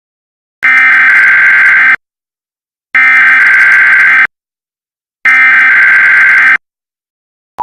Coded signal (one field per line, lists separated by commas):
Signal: Emergency Alert System (SAME) tones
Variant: header bursts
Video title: EAS Scenario #2 - A Giamental Disaster